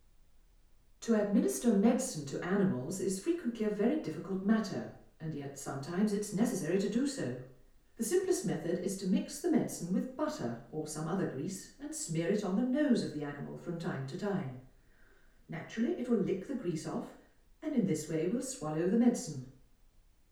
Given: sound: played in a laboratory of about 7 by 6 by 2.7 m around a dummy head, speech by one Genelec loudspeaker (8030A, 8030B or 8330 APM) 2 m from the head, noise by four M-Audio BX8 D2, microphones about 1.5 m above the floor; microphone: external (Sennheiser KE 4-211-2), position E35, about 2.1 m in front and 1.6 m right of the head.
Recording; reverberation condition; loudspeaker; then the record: female speech in English; medium; 90 degrees to the left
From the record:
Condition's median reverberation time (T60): about 510 ms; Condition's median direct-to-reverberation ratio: about -0.5 dB